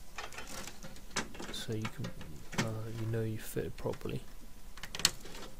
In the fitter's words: obviously this is the main connector on the motherboard uh this goes in and it sort of clicks into place